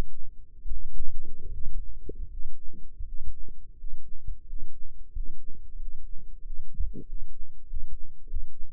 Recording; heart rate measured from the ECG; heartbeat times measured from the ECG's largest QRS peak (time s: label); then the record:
heart sounds by microphone in the left ear; 87 bpm
0.65 s: heartbeat
1.46 s: heartbeat
2.25 s: heartbeat
3.01 s: heartbeat
3.72 s: heartbeat
4.42 s: heartbeat
5.09 s: heartbeat
5.74 s: heartbeat
6.39 s: heartbeat
7.01 s: heartbeat
7.63 s: heartbeat
8.23 s: heartbeat
From the record:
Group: healthy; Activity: Valsalva maneuver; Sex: male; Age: 23 years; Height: 178 cm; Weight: 96.6 kg